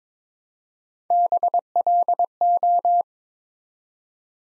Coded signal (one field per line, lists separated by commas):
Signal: Morse code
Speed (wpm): 22 wpm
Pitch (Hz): 700 Hz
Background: none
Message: BLO